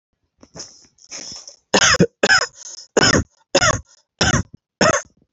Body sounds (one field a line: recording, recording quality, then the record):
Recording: heavy voluntary cough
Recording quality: excellent, no background noise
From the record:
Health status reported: healthy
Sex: male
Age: 31 years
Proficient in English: yes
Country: India